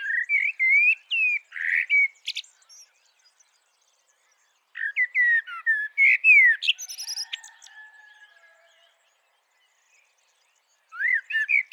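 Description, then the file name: Common blackbird giving quick runs of clear, slurred whistled notes and thin high twitters, then a quiet pause, more whistled runs, another pause and further whistles near the end. "Turdus merula"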